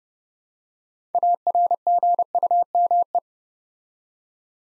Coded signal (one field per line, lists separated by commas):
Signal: Morse code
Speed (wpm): 30 wpm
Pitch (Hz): 700 Hz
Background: none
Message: ARGUME